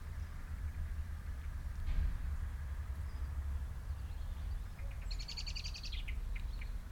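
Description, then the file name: Birds calling: a few faint high notes, then a rapid bright trill lasting under a second, followed by several short calls, over a persistent low rumble. Recorded in the garden of the recordist's mother. "Birds In Moms Garden"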